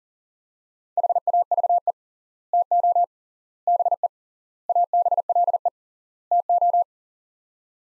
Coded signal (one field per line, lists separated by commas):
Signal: Morse code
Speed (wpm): 40 wpm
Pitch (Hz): 700 Hz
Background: none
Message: HAVE TO BE ABLE TO